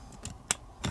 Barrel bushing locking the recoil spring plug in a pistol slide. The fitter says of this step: and it'll snap into place just like that